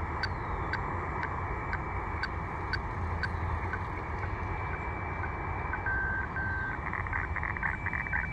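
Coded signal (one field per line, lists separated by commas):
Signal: weather fax (radiofax)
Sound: steady tone with ticks twice per second, then warbling scratchy image-line tones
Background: radio static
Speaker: recording image all right there we go and we're getting another chart here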